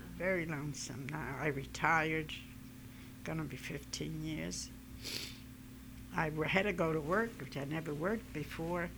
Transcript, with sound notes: Very lonesome now. I retired. Going to be fifteen years. (she sniffs) I had to go to work, which I never worked before.